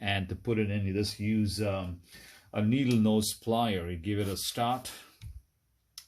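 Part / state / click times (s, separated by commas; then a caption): track pin into track link of RC dozer / seated / 6.0 s. Someone talks while starting a track pin into a track link of a heavy-duty track for an RC scale dozer (DXR2 upgrade) with needle-nose pliers, then pressing it straight in. A faint tick comes at 5.2 s, and the pin clicks sharply into place at 6.0 s, so it is seated.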